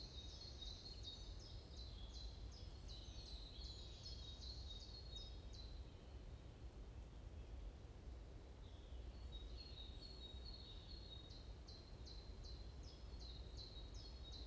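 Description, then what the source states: Birds chirping in rapid repeated high notes, two bursts of quick descending chirps with a pause between, over a steady low rumble of background noise. Morning birds chirping around a forest in Bosvoorde, Watermaal-Bosvoorde, Brussels, Belgium; described as peaceful ('rust'); recorded with an AMBE VR microphone.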